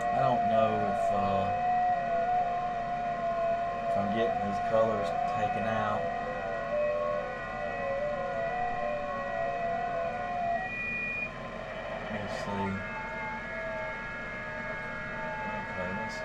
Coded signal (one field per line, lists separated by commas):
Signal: FT8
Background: speech